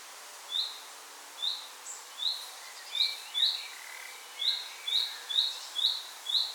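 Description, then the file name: Common nightingale repeating sharp, rising whistled calls, around eleven in quick succession, some bunched closely, with soft lower chirps in the background. "Luscinia megarhynchos"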